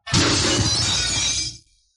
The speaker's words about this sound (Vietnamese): Một tiếng vỡ thanh thúy truyền đến, khi đầu thánh giai ma thú này biết là chính mình đã sai, vội vàng thi triển thần thông khác để ngăn cản nhưng đã muộn.